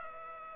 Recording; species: mosquito wingbeat signal from an infrared sensor; Culex pipiens